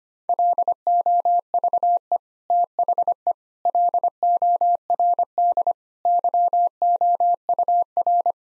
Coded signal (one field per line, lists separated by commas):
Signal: Morse code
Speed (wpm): 25 wpm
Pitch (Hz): 700 Hz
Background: none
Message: LOVE THE LORD YOUR